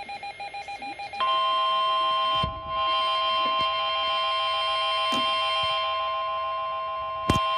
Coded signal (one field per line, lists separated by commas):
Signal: Emergency Alert System (SAME) tones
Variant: 1050 Hz attention tone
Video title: EAS Alerts from Slight Risk Day! (EAS #7-10)